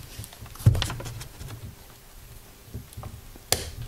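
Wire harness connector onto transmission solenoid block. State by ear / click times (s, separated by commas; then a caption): seated / 3.5 s. A replacement wire harness plug for an RFE/62TE Dodge, Jeep or Chrysler transmission is pressed down by thumb onto the transmission solenoid block while its gray lever is drawn down until it latches. Soft handling and scraping noises, with a couple of sharper taps near 0.8 s, lead to a crisp click at 3.5 s as the connector seats and locks in place.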